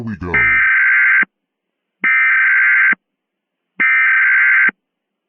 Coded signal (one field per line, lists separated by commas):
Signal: Emergency Alert System (SAME) tones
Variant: header bursts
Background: speech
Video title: EAS Mock: Retaliation: The fall of predators